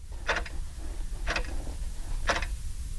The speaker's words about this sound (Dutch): Zoals het klokje thuis tikt het nergens. Dat kan je bij Frans van der Kruis ook horen.